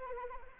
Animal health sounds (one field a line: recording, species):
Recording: mosquito wingbeat signal from an infrared sensor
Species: Anopheles arabiensis